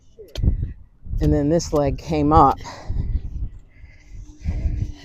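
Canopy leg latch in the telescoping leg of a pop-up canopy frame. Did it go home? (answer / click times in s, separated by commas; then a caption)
yes / 0.4 s. The spring latch in the telescoping metal leg of a folding pop-up canopy frame gives a sharp click at 0.4 s as the leg is raised and locks into place at height. Someone then talks while faint background sounds continue.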